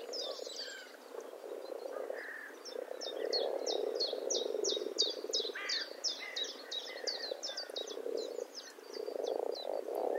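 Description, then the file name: Eurasian blackbird calls: quick strings of thin, high chinking notes, about three per second, with brief lower warbles, while frogs croak underneath. "Turdus merula"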